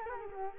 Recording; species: mosquito wingbeat signal from an infrared sensor; Culex quinquefasciatus